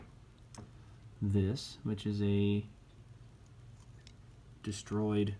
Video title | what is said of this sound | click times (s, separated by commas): Robot Spirits RX-78NT-1 Gundam NT-1 (ver. ANIME) Review | And then this piece here just pops right off, and you can actually replace it with | 0.6 s